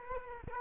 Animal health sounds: mosquito wingbeat signal from an infrared sensor; Culex quinquefasciatus

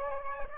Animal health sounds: mosquito wingbeat signal from an infrared sensor; Aedes aegypti

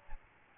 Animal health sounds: mosquito wingbeat signal from an infrared sensor; Aedes albopictus

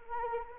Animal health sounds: mosquito wingbeat signal from an infrared sensor; Anopheles arabiensis

